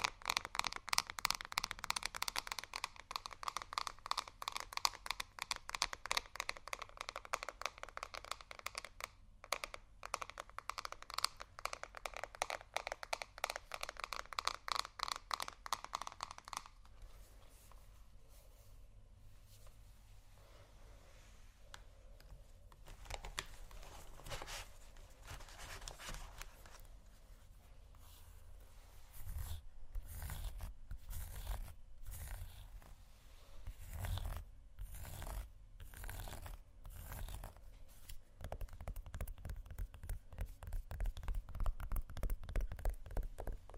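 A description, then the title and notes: Someone rummages through a makeup bag, starting with a dense run of quick, bright rustling and clicking that lasts about seventeen seconds. A quieter stretch with faint handling follows, then from around 23 seconds lower, thumpier knocks and shuffles build and continue to the end. ASMR Rummaging Through My Makeup Bag （No Talking）.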